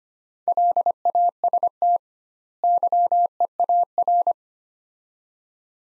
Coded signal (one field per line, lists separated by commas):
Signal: Morse code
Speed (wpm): 25 wpm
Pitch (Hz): 700 Hz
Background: none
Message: LAST YEAR